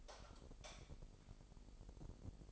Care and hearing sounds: daily activity, microphone in the room; light off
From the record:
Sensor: 5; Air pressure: 995.4 hPa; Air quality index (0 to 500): 90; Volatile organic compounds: 4 ppm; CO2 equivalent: 1688 ppm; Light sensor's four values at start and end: 36/85/34/35 and 34/80/33/33

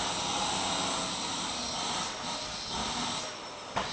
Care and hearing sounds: daily activity, microphone in the room; vacuum cleaning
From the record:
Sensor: 3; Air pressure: 999.2 hPa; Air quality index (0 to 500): 203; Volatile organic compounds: 50 ppm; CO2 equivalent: 3301 ppm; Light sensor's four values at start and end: 7/17/7/6 and 7/17/7/6

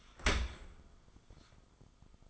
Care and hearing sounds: daily activity, microphone in the room; open dishwasher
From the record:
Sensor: 5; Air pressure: 1004.7 hPa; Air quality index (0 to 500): 93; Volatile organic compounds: 2 ppm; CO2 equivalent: 1126 ppm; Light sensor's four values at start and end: 32/73/30/29 and 33/75/30/30

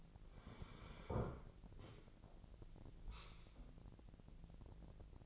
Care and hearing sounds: daily activity, microphone in the room; sit down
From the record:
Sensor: 5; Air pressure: 1001.9 hPa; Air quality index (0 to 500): 245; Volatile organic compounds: 29 ppm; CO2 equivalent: 2938 ppm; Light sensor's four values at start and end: 47/112/47/50 and 47/112/47/51

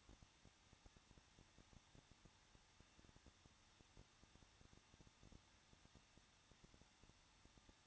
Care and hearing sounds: daily activity, microphone in the room; no activity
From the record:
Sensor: 3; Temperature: 21.2 degrees Celsius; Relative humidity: 36.3%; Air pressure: 1006.3 hPa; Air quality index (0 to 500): 221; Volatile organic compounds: 40 ppm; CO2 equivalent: 3155 ppm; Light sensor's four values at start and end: 2/3/2/2 and 2/3/2/2

